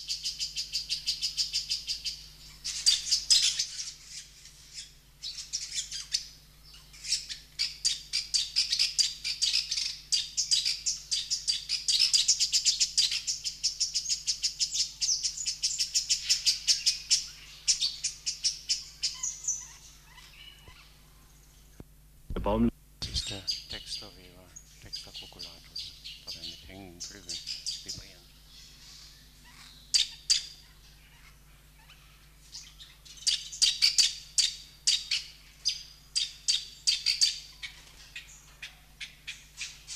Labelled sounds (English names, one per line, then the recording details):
Village Weaver call
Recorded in captivity
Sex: male
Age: adult
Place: Zoo Berlin, Berlin, DE
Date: 1991-06-03
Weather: cloudy, 12-15 °C
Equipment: Marantz, Sennheiser ME 80, Kopie Tesla B 116
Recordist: Tembrock, Günter